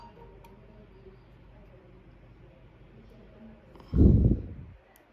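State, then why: Not seated. An SD memory card is handled at the card slot of a GoPro Hero 11 action camera (Indian unit), with faint ticks at about 0.5 s and 3.8 s and a louder low rustling burst from about 3.9 to 4.6 s. A last small tick comes near 5.0 s, and nothing has seated or clicked yet.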